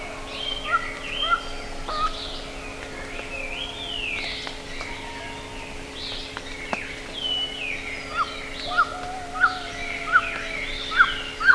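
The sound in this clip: Birds calling with sweeping whistled notes and sharp chips, with a regular run of chips toward the end, over a steady hum.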